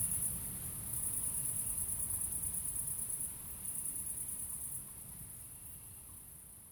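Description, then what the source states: Crickets trilling at a high pitch, strong at first, then fading and softening after about five seconds, with low background rumble throughout. Crickets at night in Aveize, France, with cars in the distance; recorded with a DPA-2006c pair in AB position into an SD MixPre-3.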